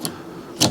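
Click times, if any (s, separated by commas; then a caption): 0.6 s. A new front wiper blade's adapter is pushed onto the windscreen wiper arm of a Fiat 500 or Abarth on the second side. A brief light tick is heard near the start, then a sharper, louder click at 0.6 s as the blade seats. The blade clicks into place and the job is done.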